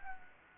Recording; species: mosquito wingbeat signal from an infrared sensor; Anopheles gambiae